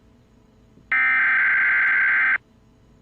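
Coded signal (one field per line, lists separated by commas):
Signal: Emergency Alert System (SAME) tones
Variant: header bursts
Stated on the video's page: Made with CapCut.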